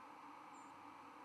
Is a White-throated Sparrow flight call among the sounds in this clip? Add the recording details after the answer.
yes. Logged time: 02:02 on 11 November 2014